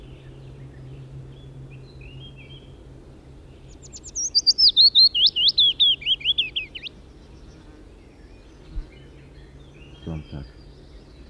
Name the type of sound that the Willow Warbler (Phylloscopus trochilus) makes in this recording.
song